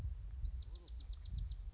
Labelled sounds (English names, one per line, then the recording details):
Bewick's Wren
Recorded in Sonoma County, California